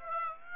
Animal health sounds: mosquito wingbeat signal from an infrared sensor; Aedes aegypti

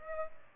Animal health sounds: mosquito wingbeat signal from an infrared sensor; Aedes albopictus

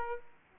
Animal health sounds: mosquito wingbeat signal from an infrared sensor; Aedes aegypti

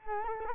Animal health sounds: mosquito wingbeat signal from an infrared sensor; Culex quinquefasciatus

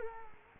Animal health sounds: mosquito wingbeat signal from an infrared sensor; Culex quinquefasciatus

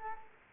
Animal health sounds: mosquito wingbeat signal from an infrared sensor; Culex quinquefasciatus

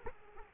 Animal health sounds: mosquito wingbeat signal from an infrared sensor; Culex quinquefasciatus

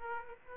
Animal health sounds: mosquito wingbeat signal from an infrared sensor; Aedes aegypti

